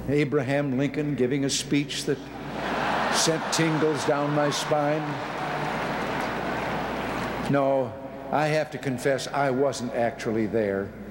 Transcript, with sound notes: Abraham Lincoln giving a speech that- [laughter] —sent tingles down my spine. No, I have to confess, I wasn't actually there.